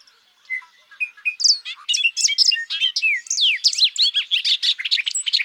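Bobolink song: a few soft separate notes, then a loud, rapid, bubbling cascade of tinkling, twanging notes with sweeping slurs, rolling on without pause.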